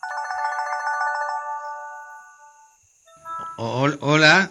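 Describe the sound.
A mobile phone plays a bright, melodic ringtone for about a second and a half inside a camping tent, the tones fading out, then a man's voice begins speaking.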